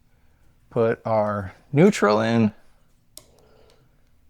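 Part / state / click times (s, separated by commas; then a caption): neutral wire into push-in wire connector / seated / 3.2 s. Someone talks while the neutral line wire is pushed into the same push-in wire connector. A sharp click at 3.2 s is followed by small rattles, and the neutral wire is locked into place.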